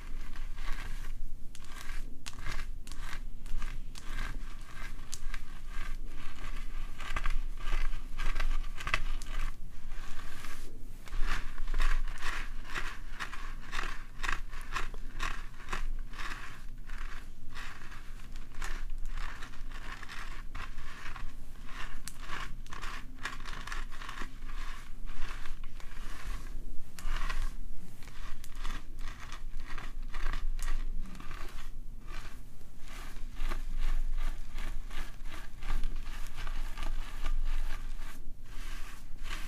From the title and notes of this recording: ASMR This Or That - Bestie Plays With Your Hair (Scalp Oiling, Plucking, Scratching, Hair Brushing). Scalp oiling, plucking, scratching (massage), hair parting, and brushing.